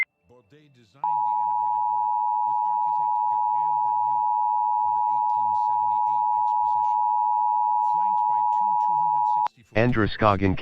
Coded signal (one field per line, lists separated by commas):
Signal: Emergency Alert System (SAME) tones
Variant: 853 and 960 Hz attention tone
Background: speech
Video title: (EXTREMELY RARE) Shelter In Place Warning on Maine Public Television (10/25/2023) (EAS #103)